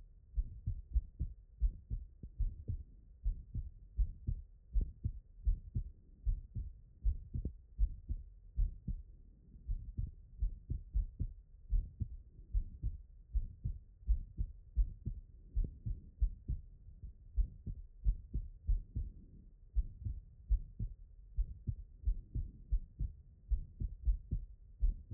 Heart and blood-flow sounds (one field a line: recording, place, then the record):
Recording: heart sounds by stethoscope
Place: pulmonary valve (PV)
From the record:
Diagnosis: non-HFrEF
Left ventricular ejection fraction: 61%